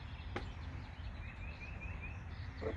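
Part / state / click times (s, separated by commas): plastic upholstery retaining clip onto truck seat frame / seated / 0.4 s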